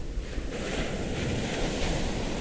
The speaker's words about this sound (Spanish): El Río Verde. Yo soy la voz del Río Verde. Mi corriente baja desde los valles de Oaxaca y recorre toda la Sierra Sur hasta llegar al Océano Pacífico.